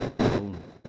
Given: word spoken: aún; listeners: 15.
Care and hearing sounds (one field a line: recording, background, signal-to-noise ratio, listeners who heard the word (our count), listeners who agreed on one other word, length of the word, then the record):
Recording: one Spanish word in noise, from a listening test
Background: noise modulated by one talker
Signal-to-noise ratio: -8.8 dB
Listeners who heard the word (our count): 0 of 15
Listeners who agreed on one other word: 8 of 15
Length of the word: 0.50 s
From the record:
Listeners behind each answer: 8, 2, 1, 1, 1, 1, 1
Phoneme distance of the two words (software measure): 7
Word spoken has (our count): 2 syllables, 3 phonemes, stress on syllable 2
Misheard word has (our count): 1 syllable, 2 phonemes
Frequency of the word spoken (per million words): 358.95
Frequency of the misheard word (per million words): 10879.95